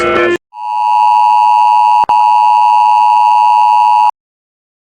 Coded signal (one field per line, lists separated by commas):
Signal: Emergency Alert System (SAME) tones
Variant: 853 and 960 Hz attention tone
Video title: rating eas alarms